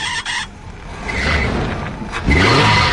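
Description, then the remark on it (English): A car engine roars loudly and steadily, then surges into a harsher, rising rev near the end, with no talking over it. “So your car won't start, or when it does, it sounds like it's about ready for liftoff.”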